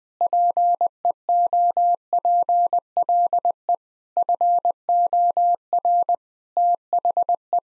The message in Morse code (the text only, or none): PEOPLE FOR THE